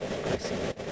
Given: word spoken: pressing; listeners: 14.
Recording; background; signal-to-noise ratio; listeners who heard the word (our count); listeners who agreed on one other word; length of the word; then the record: one English word in noise, from a listening test; noise modulated by three-talker babble; -6.5 dB; 1 of 14; 6 of 14; 0.52 s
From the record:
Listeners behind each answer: 6, 2, 1, 1, 1, 1, 1, 1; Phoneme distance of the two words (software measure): 41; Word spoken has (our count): 2 syllables, 6 phonemes, stress on syllable 1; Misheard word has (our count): 2 syllables, 3 phonemes, stress on syllable 1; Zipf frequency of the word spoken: 3.97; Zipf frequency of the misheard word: 3.80